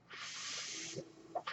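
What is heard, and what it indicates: A steady airy hiss lasting about a second, then quieter noise: a home mechanical ventilator delivering a breath.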